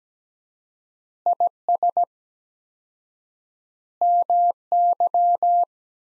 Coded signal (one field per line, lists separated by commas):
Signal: Morse code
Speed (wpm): 17 wpm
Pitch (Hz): 700 Hz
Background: none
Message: IS MY